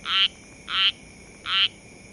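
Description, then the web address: Amphibian giving three short, harsh croaks, evenly spaced about three-quarters of a second apart. "species Amphibian"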